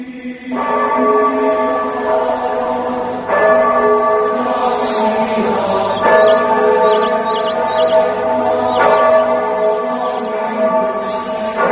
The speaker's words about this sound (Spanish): Toca las campanas el hermano Samuel.